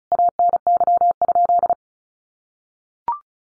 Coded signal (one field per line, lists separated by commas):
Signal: Morse code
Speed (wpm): 34 wpm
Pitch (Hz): 700 Hz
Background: none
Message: ANY?